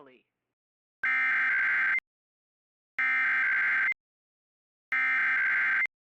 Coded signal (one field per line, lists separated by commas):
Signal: Emergency Alert System (SAME) tones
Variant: header bursts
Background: speech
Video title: IP - REQUIRED WEEKLY TEST - NO EAS